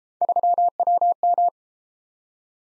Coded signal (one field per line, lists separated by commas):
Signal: Morse code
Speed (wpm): 34 wpm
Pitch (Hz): 700 Hz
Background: none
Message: 3WM